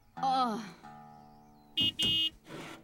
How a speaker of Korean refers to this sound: 왜 이리 안 오셔? 누가 시끄럽게 빵빵대냐?